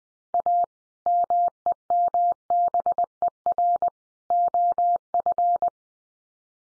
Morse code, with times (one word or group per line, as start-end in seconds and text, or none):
0.3-0.6 A
1.1-3.9 MEMBER
4.3-5.7 OF